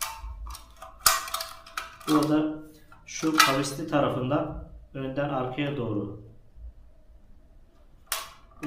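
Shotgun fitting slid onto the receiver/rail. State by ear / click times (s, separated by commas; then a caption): seated / 8.1 s. A metal fitting on a 2024 Derya Mk-12 AS-101S shotgun is slid from front to back along its curved side onto the receiver/rail while someone talks. Several sharp metallic clicks and clacks sound early on. A crisp click at 8.1 s marks the part seating into place.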